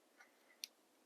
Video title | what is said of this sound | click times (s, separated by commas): Motorcycle Electric Fuel Pump Repair, bang or bust? Honda Shadow 1100! | you hear that click | 0.6 s